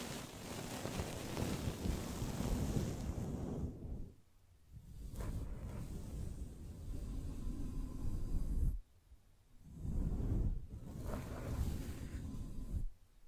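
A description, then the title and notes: Gentle brushing in long, soft, rushing strokes, each lasting a few seconds with brief silent pauses between them, near 4, 9 and 13 seconds. The sound is a steady, airy swish, fuller in the low end, with a faint thin tone in some strokes. ASMR Gently Brushing Your Brain (No Talking).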